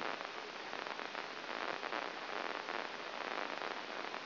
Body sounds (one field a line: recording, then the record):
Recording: brain microelectrode recording played as sound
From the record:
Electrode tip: inside the subthalamic nucleus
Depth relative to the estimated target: -2 mm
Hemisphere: right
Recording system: AlphaMap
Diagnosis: Parkinson's disease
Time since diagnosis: 19 years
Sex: male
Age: 59 years